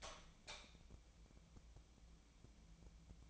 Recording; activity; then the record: daily activity, microphone in the room; light on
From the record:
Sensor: 1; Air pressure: 1000.0 hPa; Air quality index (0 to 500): 129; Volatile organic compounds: 2 ppm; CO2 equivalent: 1221 ppm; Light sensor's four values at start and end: 31/80/33/40 and 34/88/36/44